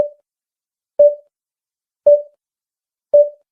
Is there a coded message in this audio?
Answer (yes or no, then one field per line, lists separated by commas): no